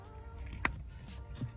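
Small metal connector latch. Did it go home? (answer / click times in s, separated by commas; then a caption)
released / 0.7 s. A two-tip unpinning tool is pushed into a car radio connector from the front, pressing down the side locking tabs on a flat pin contact. A couple of faint ticks lead into a sharp, slight click at 0.6 s as the tabs release, freeing the flat pin contact and its cable to be pulled out of the connector housing.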